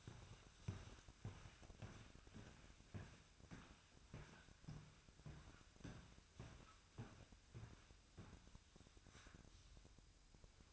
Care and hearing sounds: daily activity, microphone in the room; walk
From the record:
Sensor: 2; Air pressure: 1001.5 hPa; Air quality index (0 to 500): 228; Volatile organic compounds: 26 ppm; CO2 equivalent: 2867 ppm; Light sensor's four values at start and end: 8/26/10/10 and 9/29/11/11

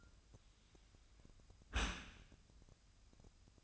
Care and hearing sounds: daily activity, microphone in the room; close dishwasher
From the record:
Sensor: 2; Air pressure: 1004.5 hPa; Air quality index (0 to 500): 115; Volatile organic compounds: 3 ppm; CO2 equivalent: 1393 ppm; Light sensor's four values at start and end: 6/15/6/6 and 6/15/6/6

